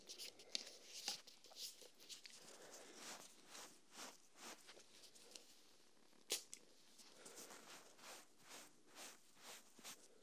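Quiet skincare treatment sounds: soft, hissy wiping or brushing strokes repeat at a steady rhythm, roughly twice a second, throughout. A few sharp clicks stand out near the start and just past six seconds.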